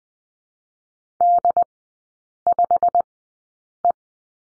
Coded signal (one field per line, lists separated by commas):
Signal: Morse code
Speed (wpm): 20 wpm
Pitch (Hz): 700 Hz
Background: none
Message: D5E